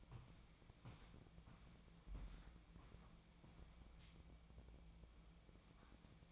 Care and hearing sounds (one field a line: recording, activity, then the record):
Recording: daily activity, microphone in the room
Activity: walk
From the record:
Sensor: 1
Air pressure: 1012.2 hPa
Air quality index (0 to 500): 177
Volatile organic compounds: 3 ppm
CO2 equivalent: 1454 ppm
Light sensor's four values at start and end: 50/136/55/69 and 50/137/56/69